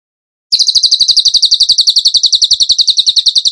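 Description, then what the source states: Bird begins a steady rapid series of high repeated notes, continuing unbroken. Songbird training song (masteran), in the gacor tembakan style.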